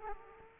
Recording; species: mosquito wingbeat signal from an infrared sensor; Aedes aegypti